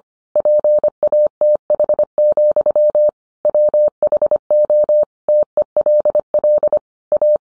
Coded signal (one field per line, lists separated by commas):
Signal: Morse code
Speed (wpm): 25 wpm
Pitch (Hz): 600 Hz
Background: none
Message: PATH, WHO TELL A